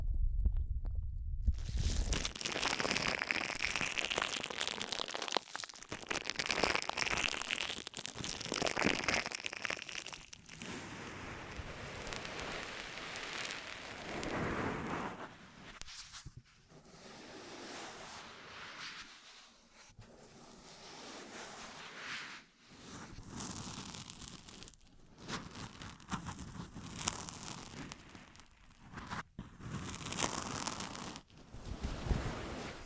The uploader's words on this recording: ASMR 10 Ear Massages for Sleep (No Talking).